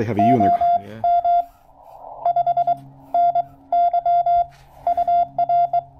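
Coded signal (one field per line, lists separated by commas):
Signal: Morse code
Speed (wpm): 21 wpm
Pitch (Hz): 690 Hz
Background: speech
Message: OM 5 N Y UR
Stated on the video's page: QRP Parks on the Air activation with a TR-45L transceiver.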